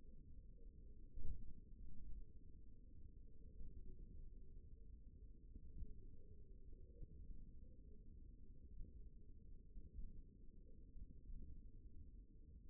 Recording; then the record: forearm muscle sounds (acoustic myography)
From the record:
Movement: finger pinch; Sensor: system 1, eight BSWA MPA416 microphones around the upper forearm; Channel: 1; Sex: male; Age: 54 years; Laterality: right